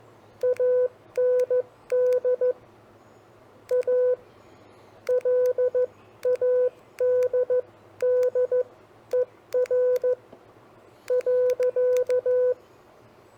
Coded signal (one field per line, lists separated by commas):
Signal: Morse code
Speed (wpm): 14 wpm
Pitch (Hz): 500 Hz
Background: none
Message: AND A LADDER .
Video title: 5 Common Phrases for CW Copy Practice